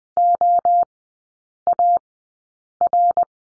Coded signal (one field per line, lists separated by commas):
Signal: Morse code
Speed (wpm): 20 wpm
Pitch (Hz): 700 Hz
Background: none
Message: OAR